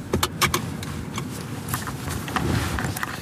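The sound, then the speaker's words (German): The engine of a nearly highly automated research car idles with a steady low rumble at the edge of the A9 autobahn, while sharp clicks and light rattles, like handling keys or cabin controls, pop in over it. No one speaks. “Motor läuft?”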